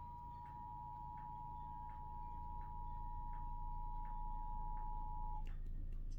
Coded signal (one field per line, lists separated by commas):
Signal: Emergency Alert System (SAME) tones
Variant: 853 and 960 Hz attention tone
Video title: eas flash flood warning #110